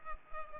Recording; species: mosquito wingbeat signal from an infrared sensor; Culex pipiens